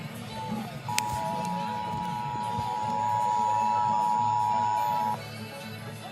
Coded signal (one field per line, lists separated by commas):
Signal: Emergency Alert System (SAME) tones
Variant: 853 and 960 Hz attention tone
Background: music